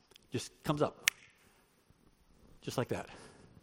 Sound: snaps fingers